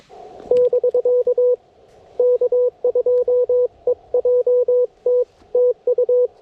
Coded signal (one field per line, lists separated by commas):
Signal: Morse code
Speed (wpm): 22 wpm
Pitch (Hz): 490 Hz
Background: radio noise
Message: <BK> K2EJT TU